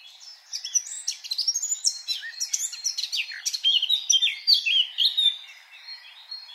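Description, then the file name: Eurasian blackcap song, a continuous rapid warble of mixed high chirps, slurred notes and short trills with barely a pause throughout. "Sylvia atricapilla"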